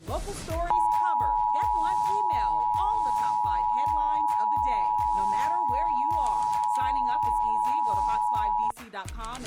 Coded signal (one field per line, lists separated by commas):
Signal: Emergency Alert System (SAME) tones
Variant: 853 and 960 Hz attention tone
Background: speech, music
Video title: A bunch of SVRs || EAS Alerts from 6/17 - 6/19, EAS #548 - #605